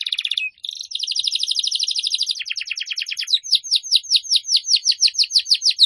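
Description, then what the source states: Atlantic canary singing a dense buzzy trill that turns into a slower series of loud sweeping notes. Canary song used as a lure to attract birds.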